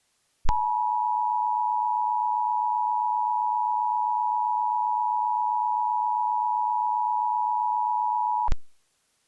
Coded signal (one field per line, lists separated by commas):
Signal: Emergency Alert System (SAME) tones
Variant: 853 and 960 Hz attention tone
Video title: EAS MOCK: Tornado Emergency for McKenzie, TN